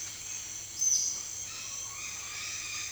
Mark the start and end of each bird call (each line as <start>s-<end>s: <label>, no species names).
0.00s-2.91s: bird call